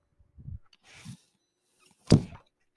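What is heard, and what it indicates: A low, soft thud, then a short airy hiss, and after a pause a sharp mechanical click with a brief rush of air. These are the cycling sounds of a home mechanical ventilator running in the background.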